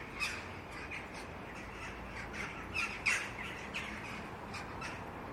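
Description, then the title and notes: Jackdaw calls, clipped squeaky chack notes repeated by several birds, a louder pair near the middle, over steady low rushing noise. "untitled [jackdaws] by Jimmy Kipple"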